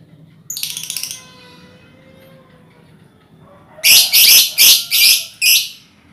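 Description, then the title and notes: Lovebird with a buzzy chattering phrase, a quiet pause, then five loud harsh screeches in a rapid even series. Ngekek song, used as a lure song (kicau pancingan). "Master Kicau Lovebird ngekek, kicau pancingan"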